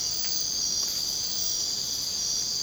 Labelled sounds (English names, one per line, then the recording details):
none
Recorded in secondary vegetation near Puerto Asís, Putumayo, Colombia, on 27 June 2025 at 03:30
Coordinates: 0.484, -76.319
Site G074